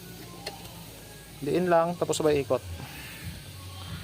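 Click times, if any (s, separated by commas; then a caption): 0.5 s. A radiator cap, refitted after its rubber seal and spring were checked, is pressed down and turned onto the radiator filler neck of a Suzuki S-Presso. A short click at 0.5 s marks the cap locking into place, then someone talks over a low background hum. The cap is seated and locked.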